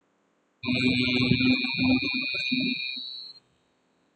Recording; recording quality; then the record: sustained vowel as in beet; moderate, slight background noise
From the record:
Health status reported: recovered from COVID-19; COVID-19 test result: negative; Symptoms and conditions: none ticked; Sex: male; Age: 23 years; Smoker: not ticked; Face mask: not worn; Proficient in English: yes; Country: India